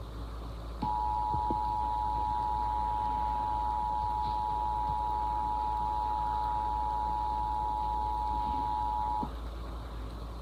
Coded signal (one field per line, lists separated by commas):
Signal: Emergency Alert System (SAME) tones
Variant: 853 and 960 Hz attention tone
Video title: fictional eas tornado emergency